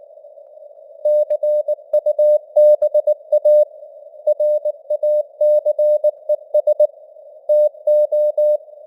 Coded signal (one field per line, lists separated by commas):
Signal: Morse code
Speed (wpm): 19 wpm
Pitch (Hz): 600 Hz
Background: none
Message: CUBA RACES TO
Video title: Morse Code News | 2025-11-14 | 19wpm